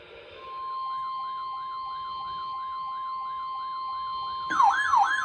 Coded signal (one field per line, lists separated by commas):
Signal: Emergency Alert System (SAME) tones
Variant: 1050 Hz attention tone